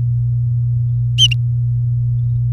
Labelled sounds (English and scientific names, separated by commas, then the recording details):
Domestic Canary (Serinus canaria) song
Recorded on 3 May 2018 at 19:25
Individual llb16